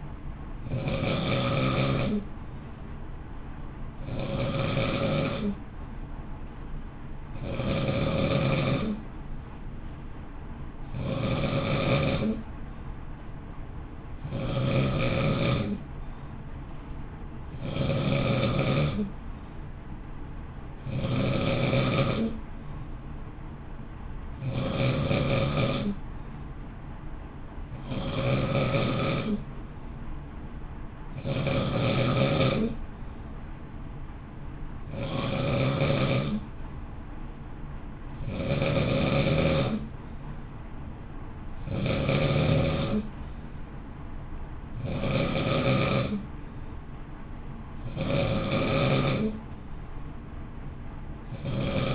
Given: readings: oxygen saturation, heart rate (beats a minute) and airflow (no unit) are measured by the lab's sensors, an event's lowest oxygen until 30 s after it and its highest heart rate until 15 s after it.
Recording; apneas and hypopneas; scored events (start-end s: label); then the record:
breathing in sleep by a smartphone at the bedside; none
41.00-51.94 s: new sleep stage, N1 (lightest sleep)
From the record:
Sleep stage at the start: N2 (light sleep); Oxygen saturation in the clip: 91 to 92%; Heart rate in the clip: 55 to 58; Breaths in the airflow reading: 19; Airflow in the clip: -0.7 to 0.7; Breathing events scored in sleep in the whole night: 328 in 6.3 hours asleep